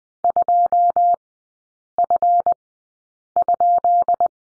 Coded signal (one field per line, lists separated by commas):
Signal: Morse code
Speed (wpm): 20 wpm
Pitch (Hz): 700 Hz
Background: none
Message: 2F?